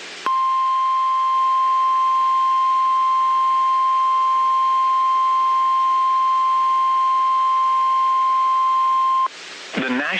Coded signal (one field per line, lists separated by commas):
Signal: Emergency Alert System (SAME) tones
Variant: 1050 Hz attention tone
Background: speech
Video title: NOAA: Denver, Colorado - Severe Thunderstorm Warning [July 19, 2016]